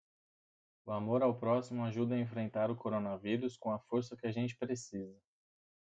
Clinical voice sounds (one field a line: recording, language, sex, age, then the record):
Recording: spoken sentence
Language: Brazilian Portuguese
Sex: male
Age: 30 to 39 years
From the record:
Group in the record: control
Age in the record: 33 years